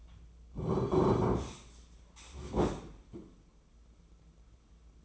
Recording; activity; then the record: daily activity, microphone in the room; sit down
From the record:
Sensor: 1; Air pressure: 996.0 hPa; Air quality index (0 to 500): 235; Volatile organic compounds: 1000 ppm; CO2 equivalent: 6829 ppm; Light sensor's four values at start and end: 34/83/36/43 and 34/85/36/43